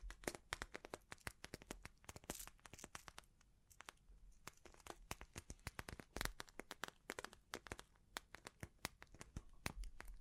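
Bling triggers: a dense run of sharp clicks, taps and crinkly rustles, irregular and often several per second. The sounds thin out briefly around the fourth second before picking up again, with a faint soft hiss underneath throughout.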